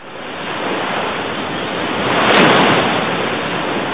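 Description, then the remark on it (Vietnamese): A steady, dense roar of the night tide surging on the Qiantang River, rumbling like distant thunder, fills the whole stretch, swelling to a louder rush about halfway through before settling back, with no voices present. “Nghe có tiếng sấm ầm ì xa xa, ấy là thủy triều ban đêm trên sông Tiền Đường sắp tới.”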